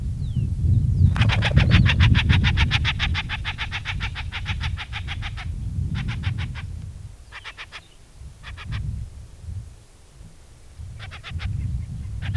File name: Noble snipe